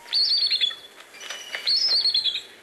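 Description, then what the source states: Bald eagle squealing call: two high, creaky bursts of rapid chattering notes, each slurring downward, separated by a short gap, like a squeaky door. Squeaky door-like call of the official bird of the United States.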